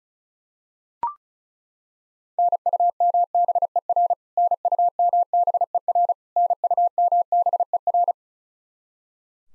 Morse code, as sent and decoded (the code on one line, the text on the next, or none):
-. ..- -- -... . .-. / -. ..- -- -... . .-. / -. ..- -- -... . .-.
NUMBER NUMBER NUMBER